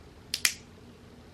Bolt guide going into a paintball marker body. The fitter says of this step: uh whenever you're it's pretty much reverse order you make sure you push it in real good and hear a click